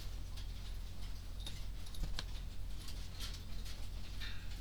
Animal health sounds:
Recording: poultry house recording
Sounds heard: no chicken sound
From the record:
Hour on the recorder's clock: 20

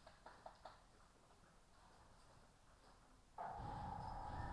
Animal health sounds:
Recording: poultry house recording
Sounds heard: healthy chickens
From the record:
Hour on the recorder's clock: 15

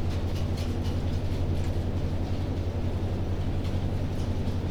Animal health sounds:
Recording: poultry house recording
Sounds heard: no chicken sound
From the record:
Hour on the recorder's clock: 22

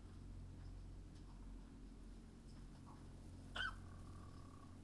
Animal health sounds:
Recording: poultry house recording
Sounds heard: sick chickens (respiratory disease)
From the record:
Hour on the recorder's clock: 22

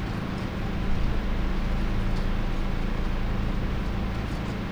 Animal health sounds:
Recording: poultry house recording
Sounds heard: no chicken sound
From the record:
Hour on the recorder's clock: 22

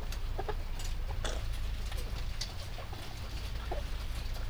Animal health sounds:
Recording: poultry house recording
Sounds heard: sick chickens (respiratory disease)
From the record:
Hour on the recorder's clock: 21

